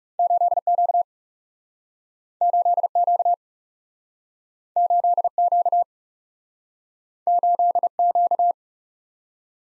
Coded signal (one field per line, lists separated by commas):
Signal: Morse code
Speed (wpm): 40 wpm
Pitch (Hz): 700 Hz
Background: none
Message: 8Q 8Q 8Q 8Q